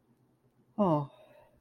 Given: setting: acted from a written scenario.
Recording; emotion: vocal sound without words; romantic love